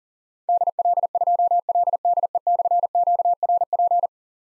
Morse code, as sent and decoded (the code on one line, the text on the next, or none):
-.. .-.. ..--- .-.. -.. . -..-. --.- .-. .--.
DL2LDE/QRP